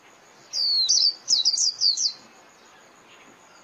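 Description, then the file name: White-eye giving a brief flurry of high, sliding chirps, one long downslurred note followed by several quick twittering notes. White-eye lure call (mồi) used for trapping birds. "Tieng khuyen moi"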